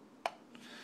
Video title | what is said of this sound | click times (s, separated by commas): Mora military clipper knife review | and then you got this little thumb ramp right there you just grab it push off boom it pops out | 0.3 s